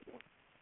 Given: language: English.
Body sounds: throat vibration sensor signal played as sound; swallow

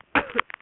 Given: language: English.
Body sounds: throat vibration sensor signal played as sound; cough

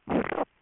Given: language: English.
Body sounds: throat vibration sensor signal played as sound; swallow

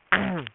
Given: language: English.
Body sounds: throat vibration sensor signal played as sound; throat clearing

